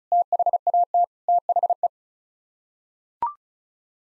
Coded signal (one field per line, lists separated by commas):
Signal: Morse code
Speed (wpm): 36 wpm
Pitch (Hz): 700 Hz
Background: none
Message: THAT THE